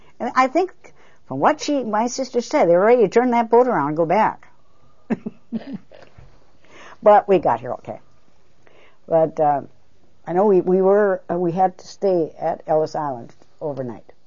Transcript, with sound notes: And I think from what she, my sister said, they were ready to turn that boat around and go back. (She laughs.) But we got here okay. But, uh, I know we, we were, we had to stay at Ellis Island overnight